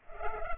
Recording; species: mosquito wingbeat signal from an infrared sensor; Culex pipiens